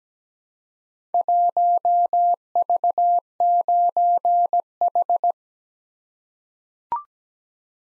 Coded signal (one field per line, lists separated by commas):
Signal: Morse code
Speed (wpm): 17 wpm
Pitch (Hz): 700 Hz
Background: none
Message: 1V9H